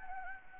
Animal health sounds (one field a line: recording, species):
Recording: mosquito wingbeat signal from an infrared sensor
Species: Anopheles gambiae